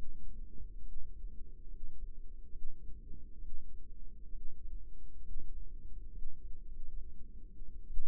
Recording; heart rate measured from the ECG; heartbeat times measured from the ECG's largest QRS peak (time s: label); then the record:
heart sounds by microphone in the right ear; 68 bpm
0.79 s: heartbeat
1.66 s: heartbeat
2.48 s: heartbeat
3.37 s: heartbeat
4.28 s: heartbeat
5.19 s: heartbeat
6.08 s: heartbeat
6.63 s: heartbeat
7.85 s: heartbeat
From the record:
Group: healthy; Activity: rest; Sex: female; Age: 22 years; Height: 171 cm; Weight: 65.6 kg